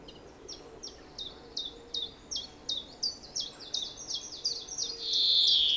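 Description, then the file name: European greenfinch: rapid, rhythmic chirping notes building in a steady series, ending in a long wheezing buzz. "Chloris chloris"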